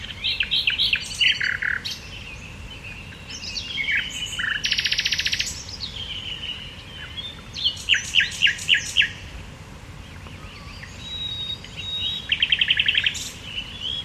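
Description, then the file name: Common nightingale song: varied phrases of chirps, a harsh buzzy burst, and quick rattling trills, separated by short pauses, over faint background noise. "Luscinia megarhynchos"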